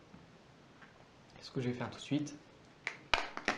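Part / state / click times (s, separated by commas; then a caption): back cover coming off a smartphone body / released / 2.9 s, 3.1 s, 3.4 s, 3.5 s. Someone talks, then the plastic back cover of an Acer Liquid Z520 smartphone is unclipped from the phone body, giving sharp snapping clicks at 2.9, 3.1, 3.4 and 3.5 seconds. The cover releases and comes off quite easily.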